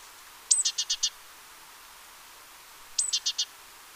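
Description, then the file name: Great tit call heard twice, roughly two and a half seconds apart: a high piercing note then four or five quick buzzy notes. "Parus major"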